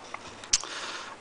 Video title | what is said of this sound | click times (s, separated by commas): Takara Henkei Cyclonus w/Targetmaster Nightstick | pieces back up and they lock into place | 0.5 s